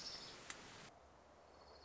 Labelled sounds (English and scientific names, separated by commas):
Orange-crowned Warbler (Leiothlypis celata)